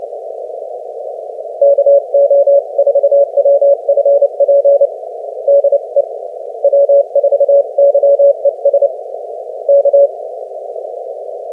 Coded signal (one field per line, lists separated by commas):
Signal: Morse code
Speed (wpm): 26 wpm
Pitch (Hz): 560 Hz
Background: none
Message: KO4WFP DE W4YES K